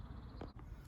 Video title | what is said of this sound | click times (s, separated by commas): Introducing The Britax Smile III Travel System | until they go into the bottom of the car seat itself and click into place | 0.4 s, 0.6 s